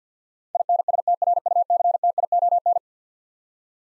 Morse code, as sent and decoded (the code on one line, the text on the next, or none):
.. -. ... - .-. ..- -.-. - .. --- -.
INSTRUCTION